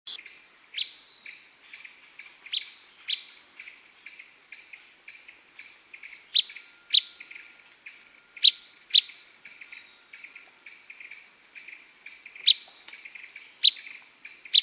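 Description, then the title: Blackish pewee repeating crisp single pip notes at irregular intervals, sometimes in pairs, with a continuous high-pitched insect buzz and soft chirps behind. Subspecies canescens, assumed from the recording location. "LuckyPassaro Completos2Sama. Blackish Pewee (Contopus nigrescens canescens (ssp assumed from location))"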